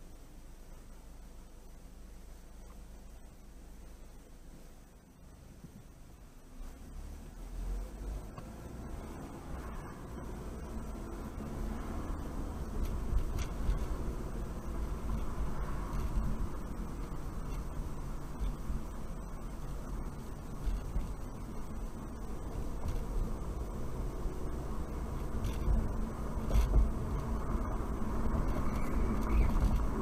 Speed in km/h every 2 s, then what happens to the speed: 0, 0, 0, 0, 13, 23, 31, 35, 32, 31, 31, 35, 42, 47, 47.
0-7 standing. 7-14 pulls away to 35. 14-20 steady at about 31. 20-25 speeds up to 47.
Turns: none.